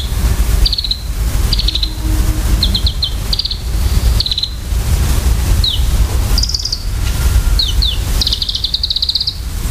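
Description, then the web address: Varied tit calls: a string of short high sibilant notes and brief trills repeated throughout, ending with a longer buzzy trill, over constant low rumble. "sikioto. yamagarazinaki"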